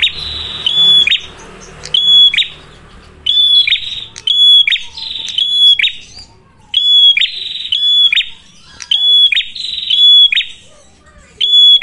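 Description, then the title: Prinia giving repeated harsh buzzy bursts with a fine whistled tone, separated by brief silences, faint low noise early on. Lure (pancingan) for attracting and training birds (pikat, masteran); red-headed prenjak described as gacor, a vigorous caller. "Masteran Duet Cililin Vs Kapas Tembak. Pancingan Prenjak Kepala Merah Gacor [ Sangat Cocok banget Untuk Pikat dan Masteran ]"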